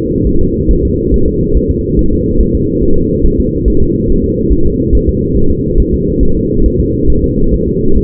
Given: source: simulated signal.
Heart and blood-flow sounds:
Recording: fetal heart sounds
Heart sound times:
0.27 s: S1
0.41 s: S2
0.71 s: S1
0.85 s: S2
1.14 s: S1
1.28 s: S2
1.57 s: S1
1.71 s: S2
1.99 s: S1
2.13 s: S2
2.41 s: S1
2.55 s: S2
2.83 s: S1
2.97 s: S2
3.26 s: S1
3.40 s: S2
3.68 s: S1
3.82 s: S2
4.10 s: S1
4.24 s: S2
4.52 s: S1
4.66 s: S2
4.95 s: S1
5.09 s: S2
5.37 s: S1
5.51 s: S2
5.80 s: S1
5.94 s: S2
6.23 s: S1
6.37 s: S2
6.66 s: S1
6.80 s: S2
7.10 s: S1
7.24 s: S2
7.54 s: S1
7.68 s: S2
7.97 s: S1
From the record:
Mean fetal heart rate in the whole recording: 140 bpm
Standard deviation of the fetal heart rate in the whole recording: 2 bpm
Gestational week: 34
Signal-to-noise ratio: -17.7 dB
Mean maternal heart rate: 72 bpm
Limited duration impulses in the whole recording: present

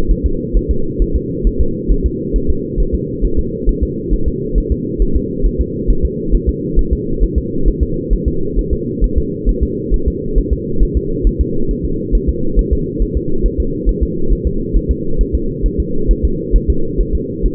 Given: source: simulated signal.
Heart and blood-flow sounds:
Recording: fetal heart sounds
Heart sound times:
0.11 s: S1
0.26 s: S2
0.57 s: S1
0.71 s: S2
1.02 s: S1
1.16 s: S2
1.47 s: S1
1.61 s: S2
1.91 s: S1
2.06 s: S2
2.36 s: S1
2.50 s: S2
2.80 s: S1
2.95 s: S2
3.25 s: S1
3.39 s: S2
3.69 s: S1
3.83 s: S2
4.13 s: S1
4.28 s: S2
4.58 s: S1
4.72 s: S2
5.02 s: S1
5.16 s: S2
5.46 s: S1
5.61 s: S2
5.90 s: S1
6.05 s: S2
6.34 s: S1
6.49 s: S2
6.79 s: S1
6.93 s: S2
7.23 s: S1
7.38 s: S2
7.68 s: S1
7.83 s: S2
8.13 s: S1
8.28 s: S2
8.59 s: S1
8.73 s: S2
9.04 s: S1
9.18 s: S2
9.49 s: S1
9.63 s: S2
9.94 s: S1
10.08 s: S2
10.38 s: S1
10.53 s: S2
10.83 s: S1
10.97 s: S2
11.27 s: S1
11.41 s: S2
11.71 s: S1
11.85 s: S2
12.15 s: S1
12.29 s: S2
12.59 s: S1
12.73 s: S2
13.02 s: S1
13.17 s: S2
13.46 s: S1
13.60 s: S2
13.89 s: S1
14.03 s: S2
14.32 s: S1
14.47 s: S2
14.76 s: S1
14.91 s: S2
15.21 s: S1
15.35 s: S2
15.66 s: S1
15.80 s: S2
16.11 s: S1
16.25 s: S2
16.56 s: S1
16.70 s: S2
17.01 s: S1
17.15 s: S2
17.46 s: S1
From the record:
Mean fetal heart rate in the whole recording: 135 bpm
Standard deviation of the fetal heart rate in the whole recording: 3 bpm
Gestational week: 36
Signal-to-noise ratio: -8.1 dB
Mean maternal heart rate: 72 bpm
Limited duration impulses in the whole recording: absent

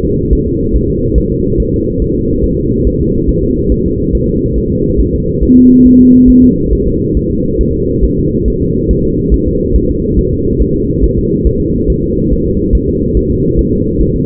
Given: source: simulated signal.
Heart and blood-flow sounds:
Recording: fetal heart sounds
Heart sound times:
0.05 s: S2
0.33 s: S1
0.47 s: S2
0.75 s: S1
0.90 s: S2
1.18 s: S1
1.32 s: S2
1.60 s: S1
1.74 s: S2
2.02 s: S1
2.16 s: S2
2.44 s: S1
2.59 s: S2
2.87 s: S1
3.01 s: S2
3.29 s: S1
3.44 s: S2
3.72 s: S1
3.86 s: S2
4.15 s: S1
4.29 s: S2
4.58 s: S1
4.72 s: S2
5.00 s: S1
5.15 s: S2
5.43 s: S1
5.58 s: S2
5.86 s: S1
6.01 s: S2
6.30 s: S1
6.44 s: S2
6.73 s: S1
6.87 s: S2
7.17 s: S1
7.31 s: S2
7.61 s: S1
7.75 s: S2
8.05 s: S1
8.19 s: S2
8.48 s: S1
8.62 s: S2
8.91 s: S1
9.05 s: S2
9.34 s: S1
9.48 s: S2
9.76 s: S1
9.90 s: S2
10.19 s: S1
10.33 s: S2
10.61 s: S1
10.76 s: S2
11.04 s: S1
11.18 s: S2
11.47 s: S1
11.61 s: S2
11.90 s: S1
12.04 s: S2
12.33 s: S1
12.47 s: S2
12.75 s: S1
12.89 s: S2
13.17 s: S1
13.31 s: S2
13.59 s: S1
13.73 s: S2
14.01 s: S1
14.16 s: S2
From the record:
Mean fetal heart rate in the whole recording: 140 bpm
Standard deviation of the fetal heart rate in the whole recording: 2 bpm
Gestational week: 34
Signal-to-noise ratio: -14.7 dB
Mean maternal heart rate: 72 bpm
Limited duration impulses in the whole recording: present

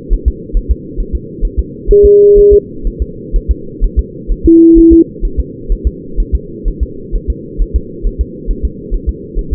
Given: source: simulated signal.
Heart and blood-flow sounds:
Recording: fetal heart sounds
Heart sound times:
0.13 s: S1
0.28 s: S2
0.57 s: S1
0.71 s: S2
1.00 s: S1
1.15 s: S2
1.45 s: S1
1.59 s: S2
1.91 s: S1
2.05 s: S2
2.38 s: S1
2.53 s: S2
2.87 s: S1
3.02 s: S2
3.36 s: S1
3.51 s: S2
3.84 s: S1
3.99 s: S2
4.32 s: S1
4.46 s: S2
4.78 s: S1
4.93 s: S2
5.25 s: S1
5.39 s: S2
5.72 s: S1
5.87 s: S2
6.20 s: S1
6.35 s: S2
6.68 s: S1
6.83 s: S2
7.15 s: S1
7.30 s: S2
7.62 s: S1
7.76 s: S2
8.06 s: S1
8.21 s: S2
8.51 s: S1
8.65 s: S2
8.94 s: S1
9.09 s: S2
9.39 s: S1
9.53 s: S2
From the record:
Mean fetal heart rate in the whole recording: 130 bpm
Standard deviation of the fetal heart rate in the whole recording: 4 bpm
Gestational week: 38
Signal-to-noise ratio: -4.3 dB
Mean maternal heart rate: 72 bpm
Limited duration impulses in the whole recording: present

